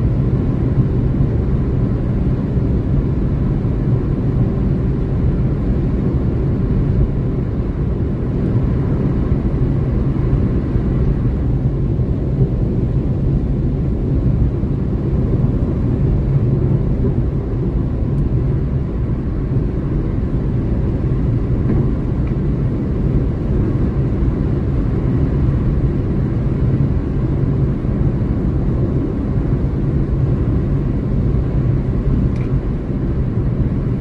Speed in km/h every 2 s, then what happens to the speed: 160, 161, 159, 159, 159, 159, 160, 161, 162, 162, 161, 162, 161, 161, 161, 161, 161.
0-34 steady at about 161.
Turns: none.